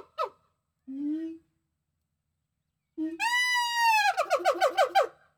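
Gibbon call: a short note and a low hoot, then a long, loud, clear whoop sliding into a rapid string of trilling notes.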